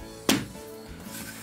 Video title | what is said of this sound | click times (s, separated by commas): 【UNBOX】CSM帝骑哥限定卡册到手！原来男♂人的快乐就是这么朴实无华 | 好，那么现在啊，这个就是正面了，然后把这个天灵盖扣上， | 0.3 s